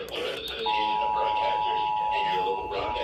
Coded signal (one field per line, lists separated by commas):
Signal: Emergency Alert System (SAME) tones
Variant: 853 and 960 Hz attention tone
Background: speech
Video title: SEPTEMBER RMT MONTH - EAS Tests From 9/20/24 (EAS #2579-2585)